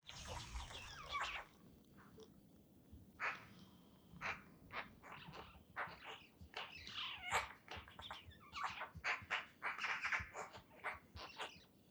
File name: Pica pica